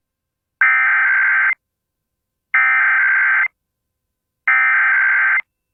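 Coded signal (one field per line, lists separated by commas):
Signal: Emergency Alert System (SAME) tones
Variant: header bursts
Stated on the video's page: Weekly and monthly EAS tests (RWTs and RMTs).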